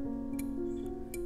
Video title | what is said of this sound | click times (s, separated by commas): How an Ignition Key Tumbler Works | and it snaps into place | 1.1 s